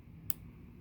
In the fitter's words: this is what it sounds like when it unlocks